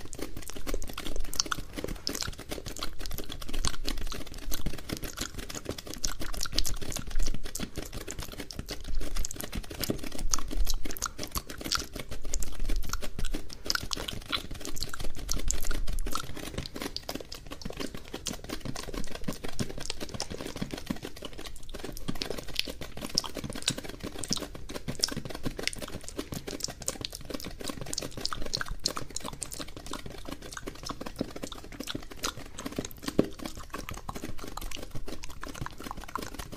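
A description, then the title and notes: Wet mouth sounds and gum chewing, with dense irregular clicks and sticky smacks throughout, steady in pace. Sticky Tapping and Mouth Sounds, Gum Chewing.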